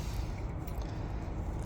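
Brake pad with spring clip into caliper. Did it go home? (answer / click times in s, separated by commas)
no / none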